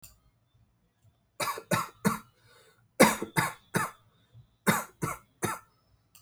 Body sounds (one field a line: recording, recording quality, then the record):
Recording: shallow voluntary cough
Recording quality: excellent, no background noise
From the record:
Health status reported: healthy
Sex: male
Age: 35 years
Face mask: not worn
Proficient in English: yes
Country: India